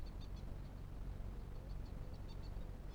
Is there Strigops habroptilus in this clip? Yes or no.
no